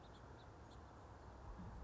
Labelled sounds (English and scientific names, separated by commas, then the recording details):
House Finch (Haemorhous mexicanus)
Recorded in Sonoma County, California